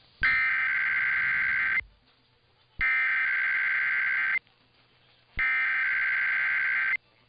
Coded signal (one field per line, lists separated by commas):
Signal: Emergency Alert System (SAME) tones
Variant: header bursts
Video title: KDKA RWT + Amplify Theme (EAS #1140)